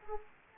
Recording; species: mosquito wingbeat signal from an infrared sensor; Anopheles gambiae